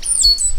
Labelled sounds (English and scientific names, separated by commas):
Stitchbird (Notiomystis cincta) song